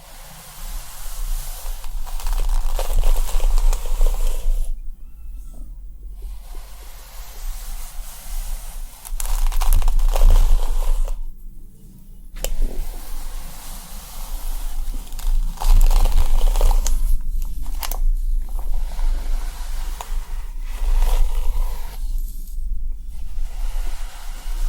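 Crinkly scratching and rustling of hair being played with and brushed fills the clip, dense and bright with little pause. Brief quieter gaps break it near 5, 11, 17 and 22 seconds. A steady low hum sits underneath throughout.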